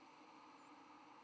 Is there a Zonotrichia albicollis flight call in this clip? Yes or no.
no